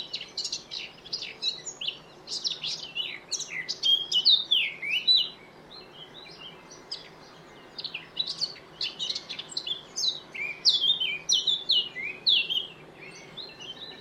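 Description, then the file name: Eurasian blackcap singing two long warbling phrases of quick, jumbled high notes, separated by a pause, with a faint steady background hiss. "Sylvia atricapilla"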